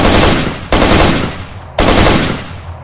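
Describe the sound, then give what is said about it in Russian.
Loud automatic rifle fire in three sustained bursts, shot toward where a thrown object came from, each starting with a sharp crack and rattling on before tapering, with no voices. “Скорее рефлекторно, чем хоть как-то проанализировав ситуацию, я вскинул автомат и становил очередь в ту сторону, откуда прилетело.”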